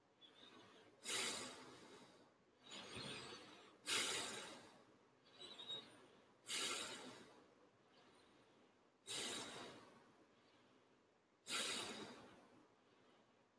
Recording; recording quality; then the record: deep breathing; excellent, no background noise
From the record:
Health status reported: healthy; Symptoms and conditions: none ticked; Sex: male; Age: 34 years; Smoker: not ticked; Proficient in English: yes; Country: India